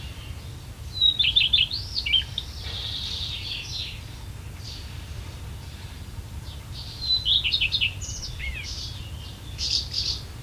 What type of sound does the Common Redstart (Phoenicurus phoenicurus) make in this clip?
song